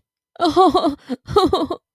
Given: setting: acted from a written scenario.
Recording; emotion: vocal sound without words; fear